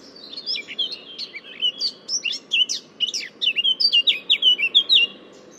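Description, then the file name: Eurasian blackcap singing a hurried varied warble that grows louder into a string of rich whistled notes, with a soft constant low background hum. "Sylvia atricapilla"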